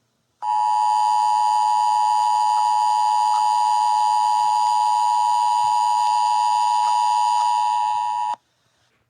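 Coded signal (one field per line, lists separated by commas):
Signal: Emergency Alert System (SAME) tones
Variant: 853 and 960 Hz attention tone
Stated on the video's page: Fictional EAS scenario about runaway trains.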